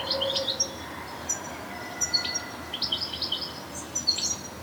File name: Carduelis carduelis